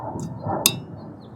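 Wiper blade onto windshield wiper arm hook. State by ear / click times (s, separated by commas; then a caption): seated / 0.7 s. A windshield wiper blade's adapter is slid onto the hook of the wiper arm, with a faint tick at 0.2 s before a sharp, bright click at 0.7 s. The blade is confirmed seated on the arm.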